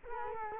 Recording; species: mosquito wingbeat signal from an infrared sensor; Culex quinquefasciatus